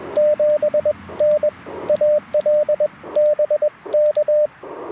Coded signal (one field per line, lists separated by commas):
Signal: Morse code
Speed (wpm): 21 wpm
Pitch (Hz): 600 Hz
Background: radio noise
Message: 7N AL BK